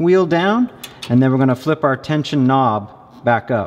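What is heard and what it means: A man talks while handling the drive-wheel tension knob and arm on the wire feeder of a YesWelder MIG 205DS welder: the tension arm is tilted down and the knob is about to be flipped back up. Only speech is heard, and nothing has seated or clicked yet.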